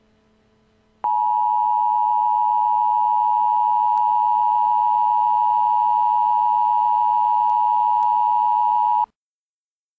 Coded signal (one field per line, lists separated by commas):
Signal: Emergency Alert System (SAME) tones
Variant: 853 and 960 Hz attention tone